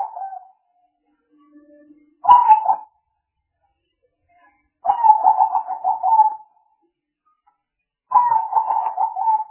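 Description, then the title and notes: Spotted dove giving two brief coos followed by two longer rolling, stuttering phrases, with pauses between them. Spotted dove calls used as a lure (pikat) to attract the birds. "Pikat Burung Tekukur. suara burung tekukur"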